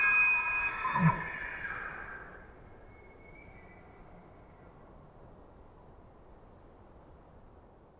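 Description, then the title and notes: Elk bugle opening loud and high with a low grunt, then fading into a thin whistle, followed by quiet hiss. Wild elk bugling, multiple herds surrounding a campsite in early morning hours, Pacific Northwest, Washington, USA; double mid-side recording, processed with light noise expansion. "Wild Elk Bugles. multiple herds surround campsite in early morning hours. Recorded in the Beautiful Pacific Northwest in Washington, Untied States"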